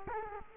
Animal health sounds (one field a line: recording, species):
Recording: mosquito wingbeat signal from an infrared sensor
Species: Culex quinquefasciatus